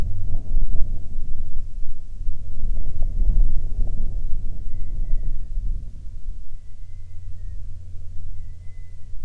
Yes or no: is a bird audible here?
yes